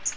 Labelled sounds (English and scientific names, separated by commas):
Magnolia Warbler (Setophaga magnolia) flight call